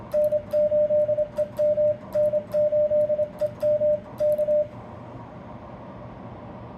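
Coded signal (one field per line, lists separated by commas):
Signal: Morse code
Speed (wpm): 26 wpm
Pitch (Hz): 600 Hz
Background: radio noise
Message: N8EM N8EM K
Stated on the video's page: Ten-Tec Orion heard just before the CQWW contest.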